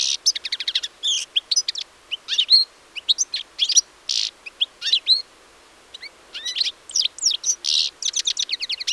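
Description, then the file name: European Goldfinch twittering: rapid liquid chirps and high tinkling notes mixed with short buzzy bursts, in dense runs broken by brief pauses, with no other clear sounds. "Carduelis carduelis"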